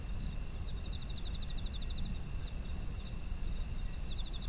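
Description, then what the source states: Insects calling: a long run of evenly pulsed chirps, then quieter scattered notes and a final burst, over steady shrill tones and low rumble. Ambient sound of autumn insects.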